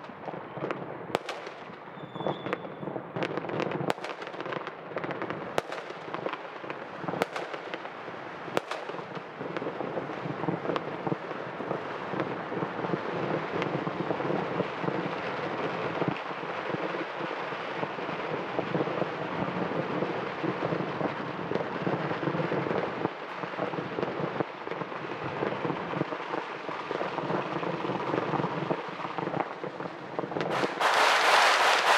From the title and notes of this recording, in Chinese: 当然最不可缺少的年味是放鞭炮。争相斗艳的烟花炮竹。